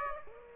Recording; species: mosquito wingbeat signal from an infrared sensor; Aedes aegypti